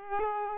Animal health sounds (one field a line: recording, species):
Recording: mosquito wingbeat signal from an infrared sensor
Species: Culex pipiens